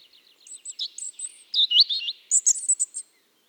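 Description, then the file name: European robin song: soft ticking notes build into a bright jumble of high, fluid warbles and very high squeaky flourishes. "Erithacus rubecula"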